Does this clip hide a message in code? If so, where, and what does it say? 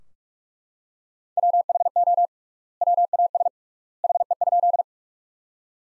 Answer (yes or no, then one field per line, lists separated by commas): yes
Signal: Morse code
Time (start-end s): 1.4-4.8 s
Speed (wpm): 42 wpm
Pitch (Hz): 700 Hz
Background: none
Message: WHO WAS HE?